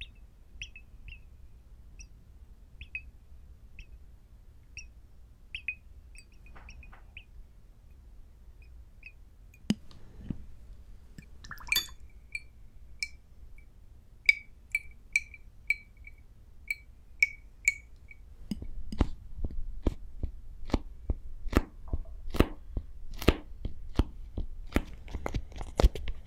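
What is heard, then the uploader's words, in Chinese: Glassware from a small experiment with beakers and test tubes: light, bright glass clinks tap out at first, sparse and delicate over a low, steady hum. A louder clatter comes near the ten-second mark, and from about eighteen seconds the knocks turn sharper and far more frequent. 烧杯 试管 做个实验。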